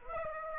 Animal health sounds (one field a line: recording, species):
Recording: mosquito wingbeat signal from an infrared sensor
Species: Aedes aegypti